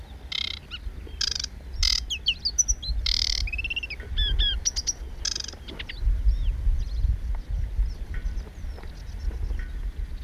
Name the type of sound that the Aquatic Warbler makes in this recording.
song